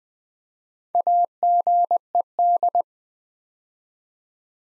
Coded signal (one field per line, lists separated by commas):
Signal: Morse code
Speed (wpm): 20 wpm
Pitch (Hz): 700 Hz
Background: none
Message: AGED